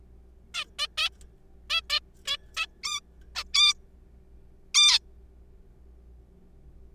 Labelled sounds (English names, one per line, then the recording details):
Zebra Finch
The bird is a juvenile
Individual R3428